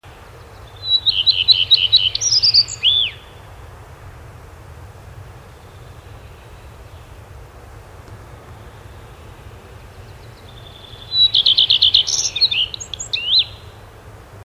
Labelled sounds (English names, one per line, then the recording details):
Common Redstart song
Common Chaffinch
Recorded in the wild
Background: Fringilla coelebs
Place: Schloß Holte-Stukenbrock, Senne, Nordrhein-Westfalen, DE
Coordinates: 51.8669, 8.65333
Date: 1972-06-17
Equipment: Uher 4200 Report Stereo, Bändchenmikro Beyer M 260, Parabolspiegel Polyester (600 mm)
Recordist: Conrads, Klaus
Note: Jägerkrug (Furlbach-Gebiet). Männchen: Gesang. Im Hintergrund Buchfink